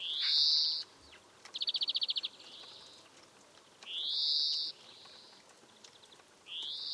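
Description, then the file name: European greenfinch giving loud rising nasal wheezes, with a single quick rattling trill between the first two. "Chloris chloris"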